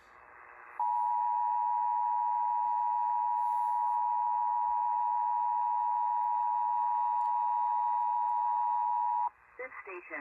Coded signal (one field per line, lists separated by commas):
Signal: Emergency Alert System (SAME) tones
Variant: 853 and 960 Hz attention tone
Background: speech